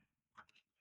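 The positive MC4 connector from a solar panel is pushed onto the lead connector of a ZIBOO 2000W solar MPPT power meter. Two short, sharp clicks sound at 0.4 s and 0.5 s, with a fainter rustle after them, against a quiet background. The connector is confirmed seated and clicked into place.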